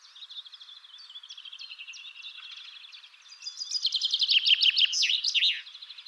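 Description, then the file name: Common chaffinch song phrase: soft chirps build into a louder rattling trill that closes with an emphatic flourish. "Fringilla coelebs"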